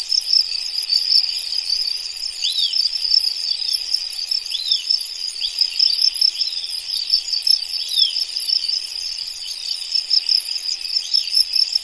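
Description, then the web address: Crickets giving a steady, shrill, continuous high trill, with fainter swooping notes beneath it at times. "anasyn caracalla thesis L 01 crickets"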